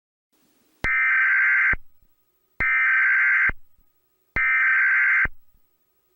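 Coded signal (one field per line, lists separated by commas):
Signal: Emergency Alert System (SAME) tones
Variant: header bursts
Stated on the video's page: Simulated EAS scenario.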